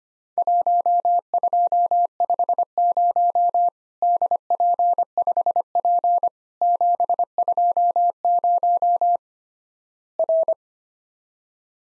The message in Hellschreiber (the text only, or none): none